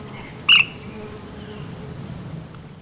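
Ash-throated flycatcher giving a single short rough call, then quiet with a faint low background hum.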